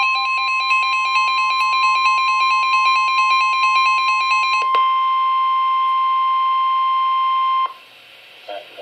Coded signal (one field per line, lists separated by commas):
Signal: Emergency Alert System (SAME) tones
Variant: 1050 Hz attention tone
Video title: Tornado Warning (EAS #58)